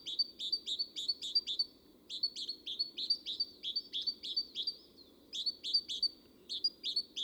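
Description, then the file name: Great tit uttering fast series of sharp high notes, grouped in short runs with small pauses, against a continuous low hum. "Parus major"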